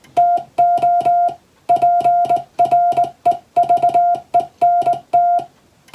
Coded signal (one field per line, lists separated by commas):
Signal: Morse code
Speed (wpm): 20 wpm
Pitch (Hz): 700 Hz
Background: music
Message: TO PREVENT